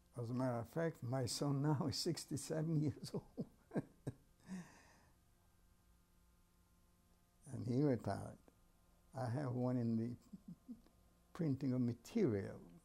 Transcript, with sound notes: As a matter of fact, my son now is sixty-seven years old. [Laughs] And he worked hard. I have one in the printing of material.